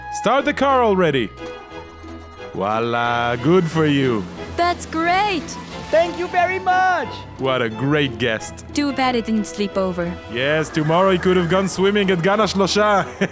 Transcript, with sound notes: Start the car already. Wallah, good for you!
That’s great!
Thank you very much (car driving away)
What a great guest.
Too bad he didn’t sleep over.
Yes, tomorrow he could have gone swimming at Gan HaShl’osha,